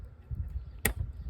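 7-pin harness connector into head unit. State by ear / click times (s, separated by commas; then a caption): seated / 0.9 s. A 7-pin plastic harness connector is pushed into a Roadanvi 12.3-inch Android head unit for a 2019–2022 Toyota RAV4, the only place it fits. A single sharp, bright click sounds at 0.9 s over a low background rumble. The connector seats.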